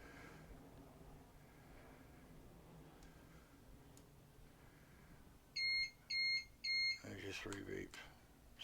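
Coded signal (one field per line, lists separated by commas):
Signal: beep code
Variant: scooter remote relay box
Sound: three short high beeps in quick succession, then a man talking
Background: speech, room noise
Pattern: 3 short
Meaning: Three beeps confirm the key fob remote is programmed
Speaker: then it should beep 3, say it's programmed. There's your 3 beeps, still nothing.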